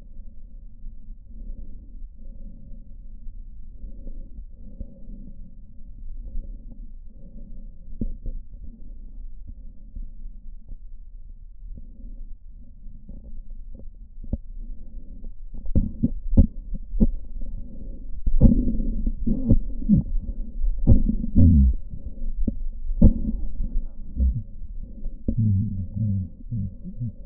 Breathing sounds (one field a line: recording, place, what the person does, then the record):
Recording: lung sounds by stethoscope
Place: right posterior apical chest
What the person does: quiet breathing, then cough and speech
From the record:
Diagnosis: pulmonary infection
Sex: male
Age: 69 years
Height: 184 cm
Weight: 115 kg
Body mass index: 34.0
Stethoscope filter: diaphragm mode